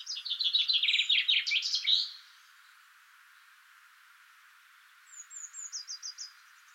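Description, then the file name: Common chaffinch song: a loud, fast cascade of trilled notes ending in a flourish, followed after a pause by a fainter, higher trill. "Fringilla coelebs"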